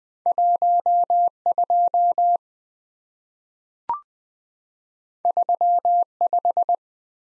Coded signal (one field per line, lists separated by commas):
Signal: Morse code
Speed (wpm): 20 wpm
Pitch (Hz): 700 Hz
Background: none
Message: 12 35